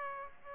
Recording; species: mosquito wingbeat signal from an infrared sensor; Aedes aegypti